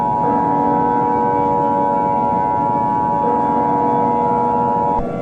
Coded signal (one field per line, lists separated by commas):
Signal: Emergency Alert System (SAME) tones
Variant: 853 and 960 Hz attention tone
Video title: EAS Scenario: Don't Go to Sleep #easscenario #horror #scary #horrortok #demon #devil